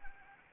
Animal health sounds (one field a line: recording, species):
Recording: mosquito wingbeat signal from an infrared sensor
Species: Anopheles gambiae